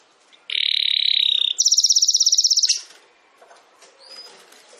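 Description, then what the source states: Domestic canary song: a buzzy trill that jumps to a higher, rapid rolling trill, then stops, leaving faint background sounds. Belgian canary singing in the campainha song style.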